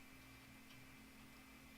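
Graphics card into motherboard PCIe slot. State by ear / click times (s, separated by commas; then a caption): not seated / none. A graphics card is pressed into a motherboard PCIe slot, but it has not snapped or clicked into place yet. Only a steady hum with faint tonal bands is heard, with no sudden sounds or talk in the clip.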